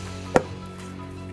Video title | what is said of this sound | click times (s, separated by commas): Transmission & Driveline Upgrades - Ram 2500 Cummins Diesel Project (Ep. 4) | That popped into place. | 0.4 s